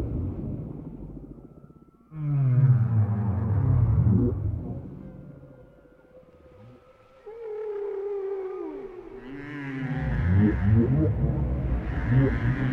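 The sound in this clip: Whale song: low, rumbling moans and harmonic sweeps, a quiet gap midway, then a higher tonal cry rising and falling before more low moaning.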